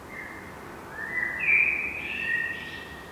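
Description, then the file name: Eurasian blackbird singing one rich, mellow whistled phrase that rises and then trails into a faint squeaky flourish. "Turdus merula"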